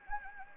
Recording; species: mosquito wingbeat signal from an infrared sensor; Anopheles gambiae